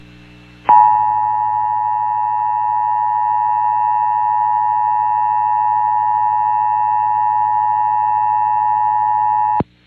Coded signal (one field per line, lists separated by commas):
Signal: Emergency Alert System (SAME) tones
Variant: 853 and 960 Hz attention tone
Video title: (EAS) Required Monthly Test (WMJJ FM Magic 96.5)